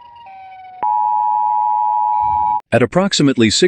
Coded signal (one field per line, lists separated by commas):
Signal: Emergency Alert System (SAME) tones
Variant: 853 and 960 Hz attention tone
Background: speech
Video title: SCP-001 "When Day Breaks" EAS Scenerio Part 1